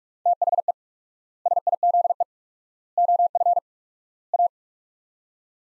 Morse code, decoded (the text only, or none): THE SIZE OF A